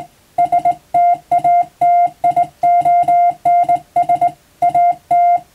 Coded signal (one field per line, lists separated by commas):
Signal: Morse code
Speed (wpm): 20 wpm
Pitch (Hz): 700 Hz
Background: music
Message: STATIONS AT